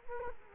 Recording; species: mosquito wingbeat signal from an infrared sensor; Culex quinquefasciatus